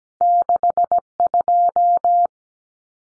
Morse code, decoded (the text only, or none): 62